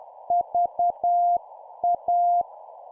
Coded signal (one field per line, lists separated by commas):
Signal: Morse code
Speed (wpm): 10 wpm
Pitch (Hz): 700 Hz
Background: none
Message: VA